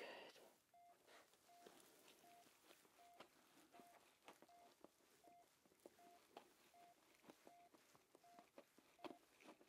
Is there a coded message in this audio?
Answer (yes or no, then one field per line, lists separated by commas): no